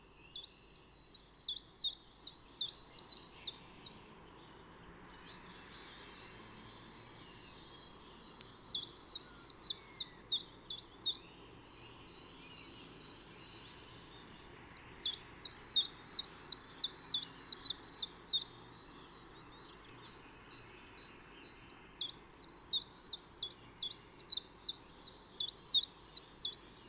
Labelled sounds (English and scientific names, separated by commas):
Common Chiffchaff (Phylloscopus collybita) song